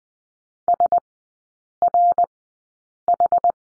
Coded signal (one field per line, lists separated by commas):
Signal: Morse code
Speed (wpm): 20 wpm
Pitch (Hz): 700 Hz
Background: none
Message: SRH